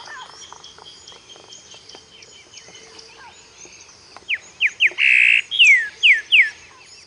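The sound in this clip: Bird calls: soft chatter, then loud downslurred whistled notes in a quick series with a harsh squawk.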